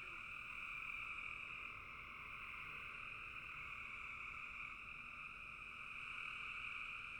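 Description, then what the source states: Frog chorus, a dense ringing trill with high and mid bands, steady and constant throughout the short stretch. Frogs calling in a bog.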